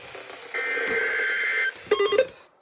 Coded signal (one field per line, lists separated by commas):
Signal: Emergency Alert System (SAME) tones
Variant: header bursts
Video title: (LATE UPLOAD) SECOND HEADER (missed the first) PHI BZW FOR MY COUNTY! (EAS 62-63)